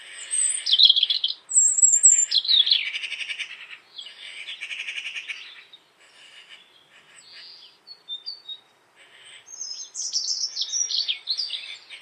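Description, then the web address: Bird calls, a busy run of high chirps, squawks and falling whistles in bursts, with a quieter gap before another chattering flurry. "cianscape birddata Deverinetal"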